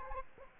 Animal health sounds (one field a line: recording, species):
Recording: mosquito wingbeat signal from an infrared sensor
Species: Aedes aegypti